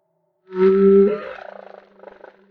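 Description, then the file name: Humpback whale song unit: a tonal moan dissolving into a pulsed, rattling tail. Recorded off Maui. "Humpback Whale - Maui Whale One"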